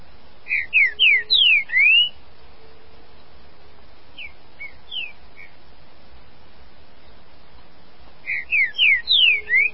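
Green-winged saltator song: a phrase of several quick slurred whistles, a softer few notes in between, then the full phrase again near the end.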